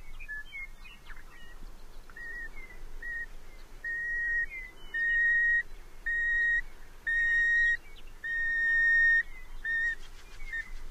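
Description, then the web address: Long-billed curlew giving several long, flat whistles over a steady background hiss. Western species of North America. "Know Your Bird Sounds Common Western Species 56-Long-billed Curlew"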